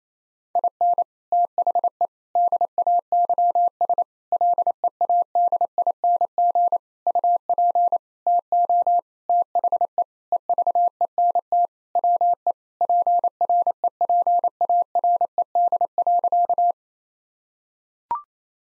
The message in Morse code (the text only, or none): IN THE DAYS LEADING UP TO THE EVENT WE PREPARED.